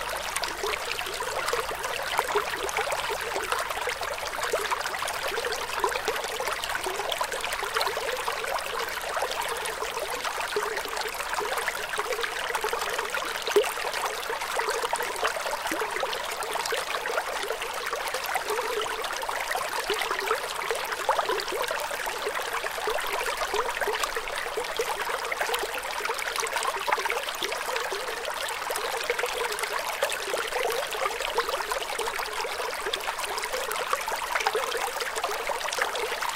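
Flowing water runs steadily for the whole stretch, a dense, even trickle and splash with no pauses. The sound sits in the middle and upper range with little low rumble, bright, with tiny droplet clicks scattered constantly throughout.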